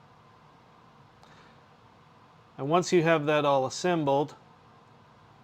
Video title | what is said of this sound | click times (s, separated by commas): Amiga 500 Episode 2: Revision 5 "Chicken Lips" Restore | and that bracket aligns in and snaps in place to hold | 1.2 s